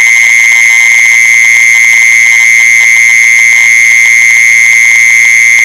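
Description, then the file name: Mole cricket call: a loud, level, ringing buzz that never pauses, with light clicking underneath. "tieng de trui de chui"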